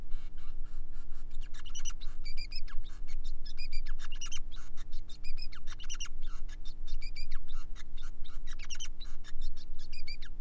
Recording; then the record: song of a male Bengalese finch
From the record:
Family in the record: son of father 5